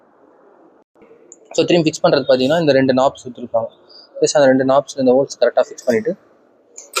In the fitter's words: Just இந்த மாதிரி lock பண்ணா நமக்கு லாக் ஆயிடும்.